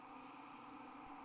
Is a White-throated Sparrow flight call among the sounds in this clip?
no